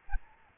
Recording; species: mosquito wingbeat signal from an infrared sensor; Aedes albopictus